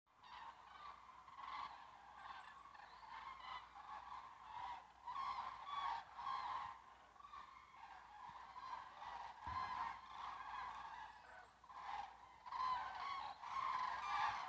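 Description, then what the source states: Common cranes calling as a flock, continuous overlapping bugling and trumpeting notes with brief swells and lulls. A flock of common cranes flying over a forest road.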